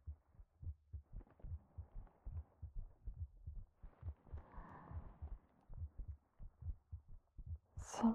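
Steady paired lub-dub heartbeats of an adult heart heard up close, about 90 a minute, with a soft breath-like rush midway.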